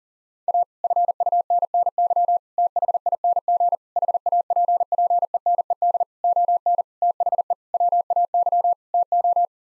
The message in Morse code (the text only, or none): A FUNNY THING HAPPENED ON THE WAY TO